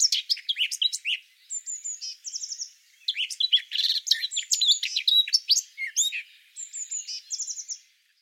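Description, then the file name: Eurasian blackcap giving rapid, jumbled warbling with scratchy twitters mixed with short flutey whistles, a dense outburst followed by a brief pause and more phrases. "Sylvia atricapilla"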